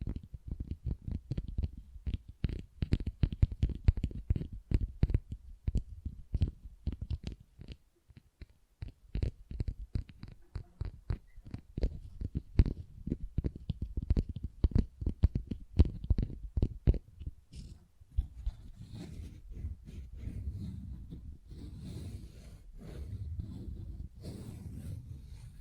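Tapping and scratching on textured surfaces, in quick, dense bursts of sharp taps with short pauses, mostly low and dull with some brighter clicks. After about seventeen seconds the taps give way to a softer, continuous scratching with crisp, airy edges.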